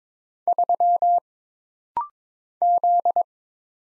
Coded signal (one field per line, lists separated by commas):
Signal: Morse code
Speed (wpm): 22 wpm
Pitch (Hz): 700 Hz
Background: none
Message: 3 Z